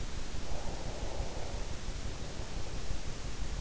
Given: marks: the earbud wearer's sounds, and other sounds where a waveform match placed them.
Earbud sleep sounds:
sounds in sleep by an in-ear microphone; breath
0.11-3.33 s: breath

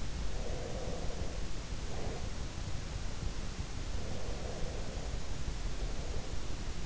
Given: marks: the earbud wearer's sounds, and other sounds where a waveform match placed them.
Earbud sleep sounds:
sounds in sleep by an in-ear microphone; breath
0.35-2.76 s: breath
4.06-6.85 s: breath

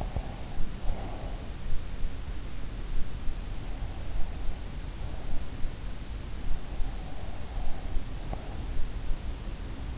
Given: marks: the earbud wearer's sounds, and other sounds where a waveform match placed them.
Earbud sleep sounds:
sounds in sleep by an in-ear microphone; breath
0.00-1.41 s: breath

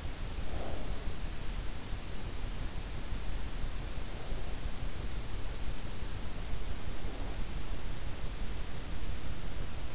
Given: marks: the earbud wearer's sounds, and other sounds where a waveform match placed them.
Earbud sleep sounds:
sounds in sleep by an in-ear microphone; breath
0.00-1.16 s: breath

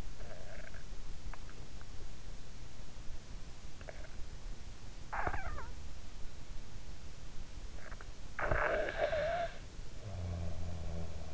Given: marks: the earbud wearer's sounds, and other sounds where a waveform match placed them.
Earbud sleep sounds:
sounds in sleep by an in-ear microphone; snoring breath
0.00-1.09 s: snoring breath
4.03-5.91 s: snoring breath
8.01-11.34 s: snoring breath

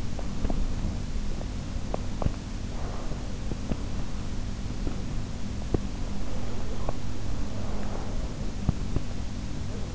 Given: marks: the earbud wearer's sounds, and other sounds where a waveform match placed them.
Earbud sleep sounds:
sounds in sleep by an in-ear microphone; teeth grinding, breath
0.00-2.50 s: teeth grinding
2.50-3.75 s: breath
3.22-7.36 s: teeth grinding
6.21-8.55 s: breath

